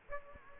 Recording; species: mosquito wingbeat signal from an infrared sensor; Aedes aegypti